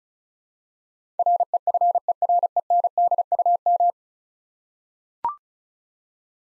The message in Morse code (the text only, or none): REFERENDUM